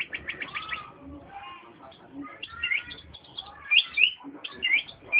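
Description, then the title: Oriental magpie-robin singing: mixed chattery notes and clear upslurred whistles, louder toward the end, with soft low background noise. Long continuous chirping song. "Kicau Kacer Durasi Panjang 1jam Lebih"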